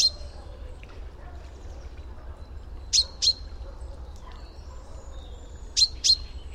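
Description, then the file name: Common chaffinch calls: sharp, bright 'pink' notes given in two quick pairs about three seconds apart, over a low steady background rumble. "Fringilla coelebs"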